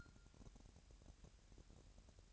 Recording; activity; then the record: daily activity, microphone in the room; take from stove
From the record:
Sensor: 2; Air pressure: 1011.9 hPa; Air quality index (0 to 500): 202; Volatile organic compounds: 3 ppm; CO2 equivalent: 1429 ppm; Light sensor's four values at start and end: 62/148/61/59 and 62/148/61/59